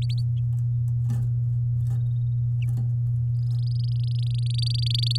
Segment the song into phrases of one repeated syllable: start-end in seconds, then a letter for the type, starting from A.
0.02-0.20 A, 3.39-5.17 B